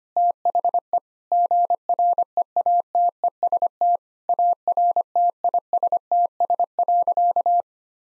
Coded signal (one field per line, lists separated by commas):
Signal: Morse code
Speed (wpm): 25 wpm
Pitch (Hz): 700 Hz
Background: none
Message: THE GREATEST ARTISTS.